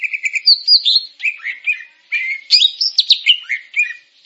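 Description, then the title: Grey-cheeked bulbul singing a lively, continuous sequence of whistled notes, some rising and some falling, with quick chattering bursts between them. "Kicau Burung Cucak Jenggot"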